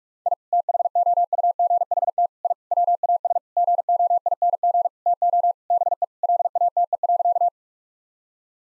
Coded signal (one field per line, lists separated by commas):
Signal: Morse code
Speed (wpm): 46 wpm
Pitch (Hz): 700 Hz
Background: none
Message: I THOUGHT I WAS GOING TO BE LATE.